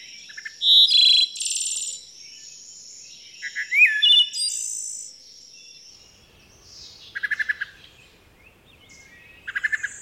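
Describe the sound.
Wood thrush: clear whistled notes and quick slurred phrases, some followed by a high buzzy trill, then a few short bursts of rapid low pulsed notes.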